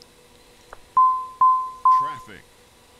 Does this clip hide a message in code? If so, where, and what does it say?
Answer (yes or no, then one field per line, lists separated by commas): no